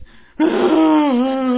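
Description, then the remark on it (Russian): A voice imitates a loud, sustained wail: a single drawn-out tone starting abruptly after a brief pause, holding a steady pitch with a slight dip near the end. “Не вой, сказал, убью.”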